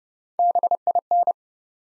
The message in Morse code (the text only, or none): BIN